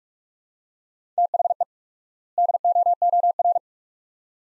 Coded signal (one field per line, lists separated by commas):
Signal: Morse code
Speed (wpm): 46 wpm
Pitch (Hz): 700 Hz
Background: none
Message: THE DOOR